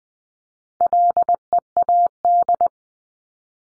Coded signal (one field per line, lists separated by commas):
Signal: Morse code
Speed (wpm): 20 wpm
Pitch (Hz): 700 Hz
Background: none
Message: LEAD